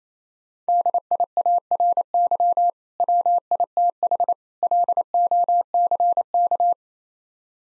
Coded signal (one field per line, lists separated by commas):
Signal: Morse code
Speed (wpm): 28 wpm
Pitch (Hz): 700 Hz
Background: none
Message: DIARY WITH LOCK